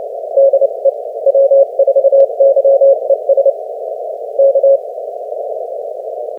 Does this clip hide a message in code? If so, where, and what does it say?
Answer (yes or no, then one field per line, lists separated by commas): yes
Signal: Morse code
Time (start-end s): 0.4-4.8 s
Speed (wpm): 26 wpm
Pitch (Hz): 550 Hz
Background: none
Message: DE W4YES K